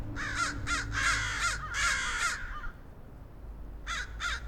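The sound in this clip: Crows cawing, a run of harsh hoarse caws, a pause, then two more caws near the end; low rumble underneath.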